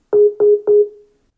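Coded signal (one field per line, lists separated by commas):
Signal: beep code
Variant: Apple HomePod mini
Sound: three quick soft piano-like beeps at the same pitch, fading out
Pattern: 3 short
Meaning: Factory reset confirmed; release the button and the device resets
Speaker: all right so we heard the three beeps we can now let go this device is going to reset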